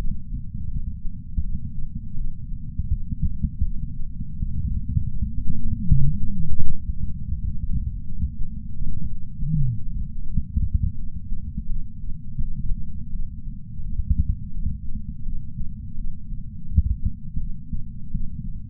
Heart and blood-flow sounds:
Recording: heart sounds by patch sensor on the chest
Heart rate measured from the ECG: 83 bpm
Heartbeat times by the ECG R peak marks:
0.69 s: heartbeat
1.42 s: heartbeat
2.16 s: heartbeat
2.90 s: heartbeat
3.64 s: heartbeat
4.38 s: heartbeat
5.11 s: heartbeat
5.86 s: heartbeat
6.61 s: heartbeat
7.34 s: heartbeat
8.06 s: heartbeat
8.79 s: heartbeat
9.53 s: heartbeat
10.26 s: heartbeat
10.97 s: heartbeat
11.68 s: heartbeat
12.40 s: heartbeat
13.11 s: heartbeat
13.83 s: heartbeat
14.53 s: heartbeat
15.24 s: heartbeat
15.96 s: heartbeat
16.68 s: heartbeat
17.39 s: heartbeat
18.12 s: heartbeat
From the record:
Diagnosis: coronary artery disease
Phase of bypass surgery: preoperative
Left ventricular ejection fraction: 51.7%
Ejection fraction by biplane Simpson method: 50.1%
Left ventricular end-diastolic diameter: 56 mm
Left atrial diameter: 44 mm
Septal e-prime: 6.6 cm/s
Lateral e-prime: 7.4 cm/s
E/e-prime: 12.8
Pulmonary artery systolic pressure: 46 mmHg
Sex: female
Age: 69 years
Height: 155 cm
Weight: 70 kg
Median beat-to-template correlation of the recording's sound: 0.76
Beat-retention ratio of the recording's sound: 0.97

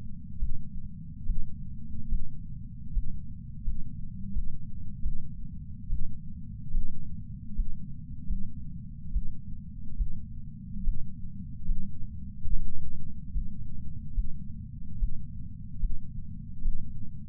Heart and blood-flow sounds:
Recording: heart sounds by patch sensor on the chest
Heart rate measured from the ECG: 74 bpm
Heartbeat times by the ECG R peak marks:
0.39 s: heartbeat
1.26 s: heartbeat
2.09 s: heartbeat
2.93 s: heartbeat
3.64 s: heartbeat
4.33 s: heartbeat
5.02 s: heartbeat
5.89 s: heartbeat
6.72 s: heartbeat
7.55 s: heartbeat
8.26 s: heartbeat
9.12 s: heartbeat
9.97 s: heartbeat
10.84 s: heartbeat
11.66 s: heartbeat
12.48 s: heartbeat
13.32 s: heartbeat
14.14 s: heartbeat
14.99 s: heartbeat
15.80 s: heartbeat
16.62 s: heartbeat
From the record:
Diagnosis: coronary artery disease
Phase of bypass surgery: preoperative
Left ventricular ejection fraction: 64%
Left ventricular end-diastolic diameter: 54 mm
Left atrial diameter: 40 mm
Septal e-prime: 6.2 cm/s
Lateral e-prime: 8 cm/s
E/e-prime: 10.7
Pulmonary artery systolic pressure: 24 mmHg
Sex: male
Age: 75 years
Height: 178 cm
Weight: 85 kg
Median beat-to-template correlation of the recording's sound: 0.83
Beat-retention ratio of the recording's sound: 0.94

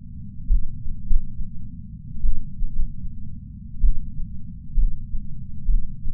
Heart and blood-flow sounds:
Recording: heart sounds by patch sensor on the chest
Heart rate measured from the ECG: 69 bpm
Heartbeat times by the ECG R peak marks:
0.46 s: heartbeat
1.03 s: heartbeat
2.20 s: heartbeat
2.72 s: heartbeat
3.80 s: heartbeat
4.73 s: heartbeat
5.64 s: heartbeat
From the record:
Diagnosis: coronary artery disease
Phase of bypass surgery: intraoperative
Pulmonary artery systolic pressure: 22 mmHg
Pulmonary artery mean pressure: 15 mmHg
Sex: female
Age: 60 years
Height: 158 cm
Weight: 54 kg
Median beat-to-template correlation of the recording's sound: 0.93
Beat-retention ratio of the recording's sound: 0.95

